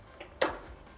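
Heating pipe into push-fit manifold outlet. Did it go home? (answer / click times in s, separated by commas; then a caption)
yes / 0.4 s. A heating pipe is removed and pushed back into a push-fit outlet on a REHAU compact manifold. After a faint tick at 0.2 s, a sharp click at 0.4 s marks the fitting clipping home. The pipe is seated and cannot be pulled back out.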